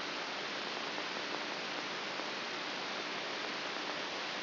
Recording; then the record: brain microelectrode recording played as sound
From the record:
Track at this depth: inside the subthalamic nucleus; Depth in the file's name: 4.44 mm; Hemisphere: right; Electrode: 3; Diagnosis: Parkinson's disease